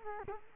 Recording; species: mosquito wingbeat signal from an infrared sensor; Culex quinquefasciatus